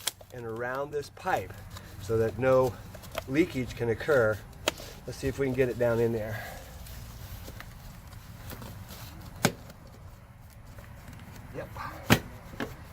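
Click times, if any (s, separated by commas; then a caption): 9.5 s, 12.1 s. Someone talks while a plastic drain pipe fitting, wrapped in filter fabric so no leakage can occur, is pushed down into the hole of a catch basin. Sharp pops are heard at about 9.5 s and 12.1 s as the fitting expands and pops in tight. The fitting is seated and secure.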